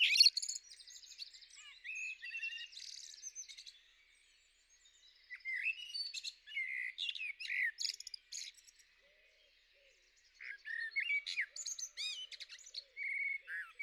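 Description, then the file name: Eurasian blackbird singing: short mellow warbled phrases mixed with high, thin twittering notes, in separate bursts with pauses between them. "Merel"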